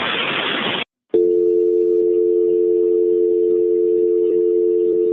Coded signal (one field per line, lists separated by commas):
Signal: telephone call progress tone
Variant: North America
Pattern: dial tone